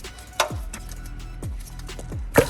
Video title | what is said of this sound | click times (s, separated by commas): Porsche 991 911 GT3 Spark Plug Change DIY | Pinch the little tab up top, you hear it click, and | 0.4 s